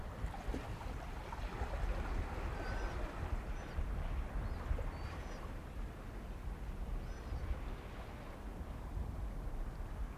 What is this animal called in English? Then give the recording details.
Sea Otter. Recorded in the wild. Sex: diverse. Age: diverse. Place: Insel Mednyi, Kommandeur-Inseln, RU. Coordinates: 54.5167, 168.083. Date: 1999-08-25 19:21. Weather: cloudy, 10°C, weak southerly winds. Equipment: Sony TCD-D8, Sennheiser MKH 70, Windkorb. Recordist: Frommolt, Karl-Heinz. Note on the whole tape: Kap Drowjanskoi (Glinka): Laute von Seeottern. Tiere befinden sich im Wasser. Sowohl Alttiere als auch Jungtiere zu sehen. Entfernung 40 m